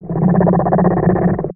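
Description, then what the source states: Pet snoring: one rough, rattling snore lasting about a second and a half, low and steady with a gritty texture, then stopping abruptly. Snore on the in-breath.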